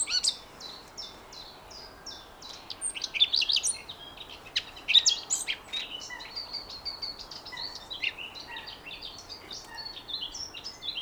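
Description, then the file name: Eurasian blackcap song, a long rapid warble of varied high chirps and fluty notes, loudest in the middle and trailing into softer twitters. "Sylvia atricapilla"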